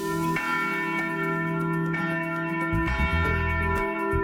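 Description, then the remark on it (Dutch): Church bells of the Reformed church in the village of Puttershoek, South Holland, Netherlands, ring out with several overlapping strikes, each leaving a long, humming resonance that blends into a steady, layered drone. No one speaks. “De gereformeerde kerk in het Zuid-Hollandse dorp Puttershoek moet het voorlopig met 2 kerkklokken minder doen.”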